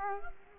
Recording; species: mosquito wingbeat signal from an infrared sensor; Culex quinquefasciatus